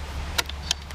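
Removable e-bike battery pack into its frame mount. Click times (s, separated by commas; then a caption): 0.4 s, 0.7 s. A removed semi-integrated battery pack is set back into its frame mount on an OHM Sport e-bike, giving two sharp clicks at 0.4 s and 0.7 s, with a fainter tick at 0.5 s, over a steady low hum. The battery is seated and secure, and the bike is ready to ride.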